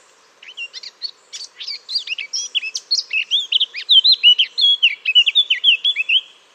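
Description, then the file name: Eurasian blackcap song: a fast, continuous chattering warble that builds into louder, clearer fluting whistles, with a steady faint background hum. "Sylvia atricapilla"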